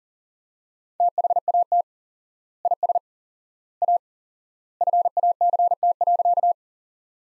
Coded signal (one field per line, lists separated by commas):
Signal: Morse code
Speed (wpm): 40 wpm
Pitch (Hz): 700 Hz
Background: none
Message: THAT IS A FACT.